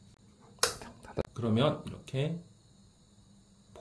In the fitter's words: 상태에서 이렇게 다시 잠궈 주시면 됩니다